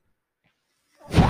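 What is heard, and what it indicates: Silence, then a rising low airy whoosh of a home mechanical ventilator delivering a breath.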